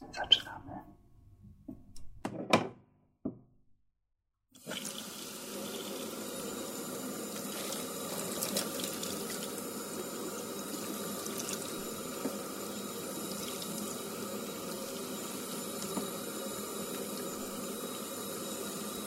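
At a hairdresser's, a few short knocks and handling sounds come in the first seconds, followed by a brief silence. Around the five-second mark a tap opens and water runs steadily into a sink, a dense, even rush with a faint hum that lasts to the end.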